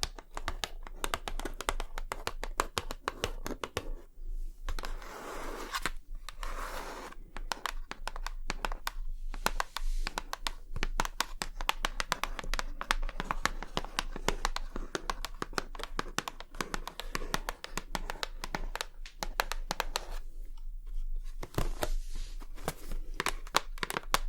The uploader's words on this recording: ASMR 100% Tapping for Sleep & Tingles (Long Nails & No Talking).